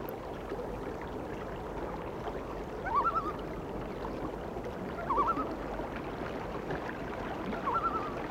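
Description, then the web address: Loon tremolo calls repeated three times, each a short quavering burst spaced about two to three seconds apart, over constant background hiss. "A Természet hangjai - Madárdal Sounds of Nature - Cry of the Loon"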